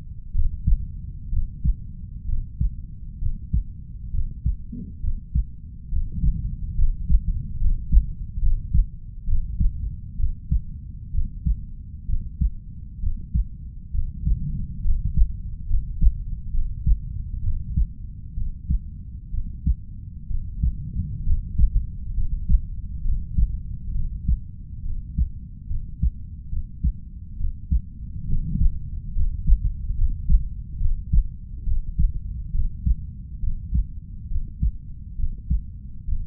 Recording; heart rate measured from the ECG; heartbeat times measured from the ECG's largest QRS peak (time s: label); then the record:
heart sounds by stethoscope; 67 bpm
0.31 s: heartbeat
1.29 s: heartbeat
2.25 s: heartbeat
3.18 s: heartbeat
4.10 s: heartbeat
5.00 s: heartbeat
5.88 s: heartbeat
6.75 s: heartbeat
7.57 s: heartbeat
8.38 s: heartbeat
9.24 s: heartbeat
10.16 s: heartbeat
11.11 s: heartbeat
12.05 s: heartbeat
12.99 s: heartbeat
13.91 s: heartbeat
14.81 s: heartbeat
15.66 s: heartbeat
16.50 s: heartbeat
17.40 s: heartbeat
18.33 s: heartbeat
19.30 s: heartbeat
20.27 s: heartbeat
21.23 s: heartbeat
22.13 s: heartbeat
23.01 s: heartbeat
23.91 s: heartbeat
24.82 s: heartbeat
25.67 s: heartbeat
26.48 s: heartbeat
27.36 s: heartbeat
28.25 s: heartbeat
29.12 s: heartbeat
29.94 s: heartbeat
30.77 s: heartbeat
31.63 s: heartbeat
32.51 s: heartbeat
33.39 s: heartbeat
34.27 s: heartbeat
35.15 s: heartbeat
36.04 s: heartbeat
From the record:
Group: healthy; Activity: rest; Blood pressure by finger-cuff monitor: 121/60 mmHg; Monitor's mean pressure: 76 mmHg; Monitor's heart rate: 67 bpm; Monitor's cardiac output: 5.8 L/min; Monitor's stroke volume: 87 mL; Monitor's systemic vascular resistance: 960 dyn s/cm5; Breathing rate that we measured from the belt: 8 breaths a minute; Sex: female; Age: 32 years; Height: 168 cm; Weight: 61.9 kg